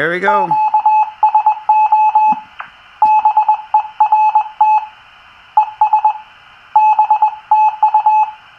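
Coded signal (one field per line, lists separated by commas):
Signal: Morse code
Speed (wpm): 21 wpm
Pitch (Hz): 860 Hz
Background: speech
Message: QSO BERT ES BTU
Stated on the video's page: Received on a Teensy 3.5 SDR with 600 ohm isolation transformers added, curing hum and encoder clicking noise.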